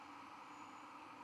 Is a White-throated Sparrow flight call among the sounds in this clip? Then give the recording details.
no. No flight call is heard. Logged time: 21:45 on 11 November 2014